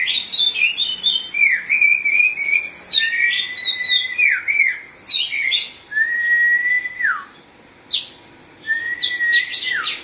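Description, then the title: Oriental magpie-robin song: long sequence of clear whistled phrases, sweeping up and down, some long level notes, with brief pauses. Chirping song. "Suara Kicauan Burung Kacer"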